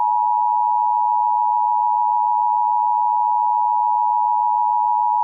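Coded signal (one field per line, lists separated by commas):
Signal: Emergency Alert System (SAME) tones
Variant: 853 and 960 Hz attention tone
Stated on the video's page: Remastered fictional EAS mini scenario, simulated with software-generated audio.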